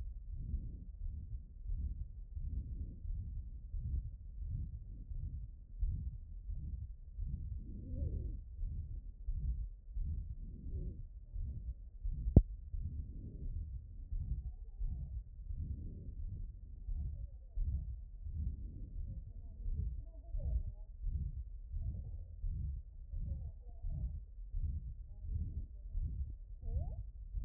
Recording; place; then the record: heart sounds by stethoscope; aortic valve (AV)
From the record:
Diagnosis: non-HFrEF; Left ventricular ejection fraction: 72%